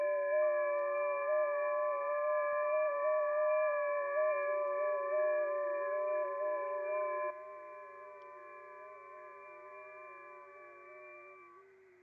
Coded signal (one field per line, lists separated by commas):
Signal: FT8